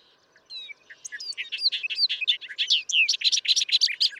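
Bobolink pouring out a fast, bubbling warble of squeaky, twangy notes.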